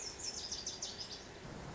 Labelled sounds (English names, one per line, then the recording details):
Lazuli Bunting
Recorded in Sonoma County, California